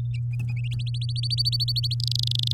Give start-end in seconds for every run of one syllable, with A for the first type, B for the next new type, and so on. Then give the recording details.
0.71-1.95 A, 2.00-2.54 B. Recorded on 9 May 2018 at 11:21. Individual llb16